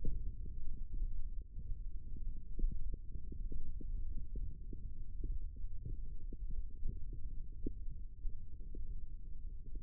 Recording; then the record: forearm muscle sounds (acoustic myography)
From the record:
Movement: wrist extension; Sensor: system 1, eight BSWA MPA416 microphones around the upper forearm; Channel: 5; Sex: female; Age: 21 years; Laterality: right